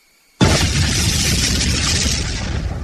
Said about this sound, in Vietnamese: Tiếng pháo ở hai bên núi đùng đùng nổ lên bất tuyệt. Có rất nhiều quả pháo thăng thiên bay lên không trung, nổ tung, khánh chúc Ngũ Nhạc Phái chính thức khai sơn lập phái.